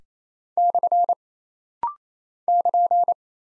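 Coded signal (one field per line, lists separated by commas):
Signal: Morse code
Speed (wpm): 29 wpm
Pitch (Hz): 700 Hz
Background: none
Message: / <KN>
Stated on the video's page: Rapid-fire 28 wpm head-copy drill of single punctuation and prosign characters, with a very short gap to train instant character recognition.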